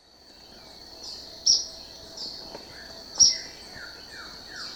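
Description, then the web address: Ornate flycatcher: two sharp, high, abrupt notes from an Ornate flycatcher about two seconds apart, set against a droning insect chorus and faint falling whistles. Recorded in Ecuador. "Birds of Ecuador. Ornate Flycatcher"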